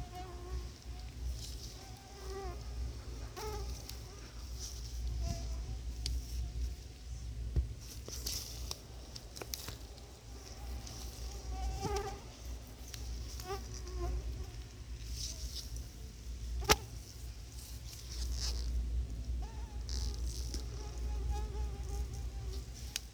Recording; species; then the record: mosquito flight sound by mobile phone; Anopheles quadrimaculatus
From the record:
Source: Auburn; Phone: Sony Xperia